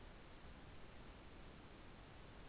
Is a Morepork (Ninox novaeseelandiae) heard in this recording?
no